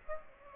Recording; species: mosquito wingbeat signal from an infrared sensor; Aedes aegypti